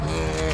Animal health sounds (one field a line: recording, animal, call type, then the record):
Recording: contact call of a hoofed animal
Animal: cattle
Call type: low-frequency (closed-mouth) or high-frequency (open-mouth) call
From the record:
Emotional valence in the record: negative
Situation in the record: full separation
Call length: 0.55 s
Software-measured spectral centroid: 3110 Hz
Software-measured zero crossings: 2050 a second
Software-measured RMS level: -24 dBFS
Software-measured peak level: -9 dBFS